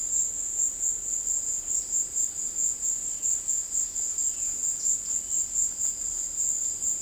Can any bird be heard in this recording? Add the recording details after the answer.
no. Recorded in dense forest near Puerto Asís, Putumayo, Colombia, on 20 February 2024 at 17:00. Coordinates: 0.500, -76.322. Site G6465